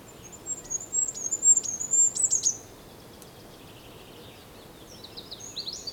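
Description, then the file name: Goldcrest song: a high, thin phrase of quick repeated notes with a short flourish at the end, followed by quiet and faint high notes. Song, Europe. "Wintergoldhaehnchen Gesang Voegel in Europa"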